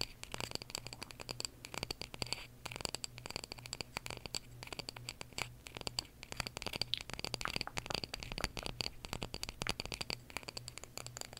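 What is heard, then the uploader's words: Quick, dense ASMR tapping, crisp clicks and scratchy rattles arriving irregularly throughout, over a steady low hum and a faint high whine. ASMR Tapping For Sleep (No Talking).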